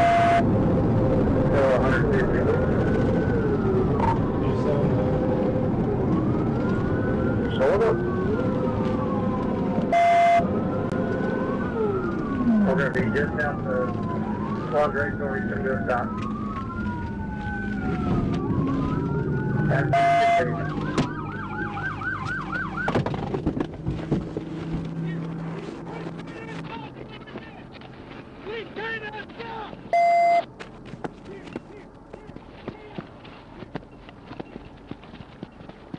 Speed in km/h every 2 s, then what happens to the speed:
153, 130, 119, 101, 85, 85, 76, 55, 29, 0, 0, 0, 0, 0, 0, 0, 0, 0.
0-18 brakes to 0. 18-36 standing.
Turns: none.